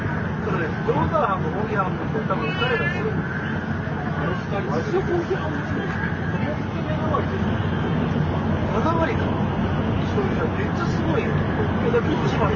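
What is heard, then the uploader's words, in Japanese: On an N700 series Shinkansen between Kyoto and Shin-Yokohama, a steady, dense low rumble of the running train fills the whole recording. Murmured voices drift through it, and a brief high chirping sound shows up near the three-second mark. JRN700系 京都〜新横浜。ひかり530号に乗車し、録音しました。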